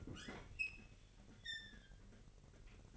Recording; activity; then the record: daily activity, microphone in the room; open fridge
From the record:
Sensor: 4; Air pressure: 1002.7 hPa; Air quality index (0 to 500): 241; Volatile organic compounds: 17 ppm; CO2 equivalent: 2575 ppm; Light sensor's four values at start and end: 4/10/4/4 and 4/10/4/4